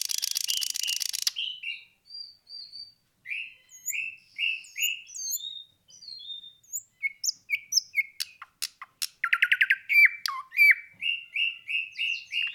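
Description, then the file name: Nightingale song: a short buzzy burst, then loud whistled notes repeated in a steady series, scattered high chips, and a fast rattling trill before more whistled notes. Recorded 26 April 2012. "Luscinia 26 04 2012"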